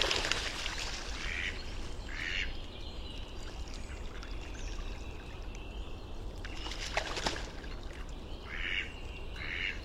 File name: Canto do Pato real